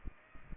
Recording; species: mosquito wingbeat signal from an infrared sensor; Aedes aegypti